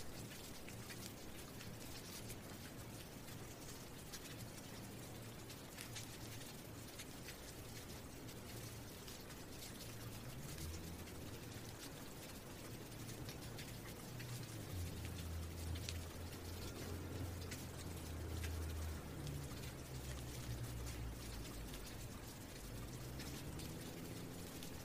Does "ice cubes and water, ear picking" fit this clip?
no